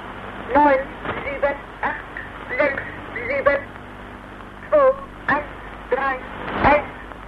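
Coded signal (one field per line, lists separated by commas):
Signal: numbers station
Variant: German language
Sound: a voice reading short, evenly spaced words, likely numbers, over a narrow radio channel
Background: radio static, mains hum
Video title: East German Numbers Station (1977)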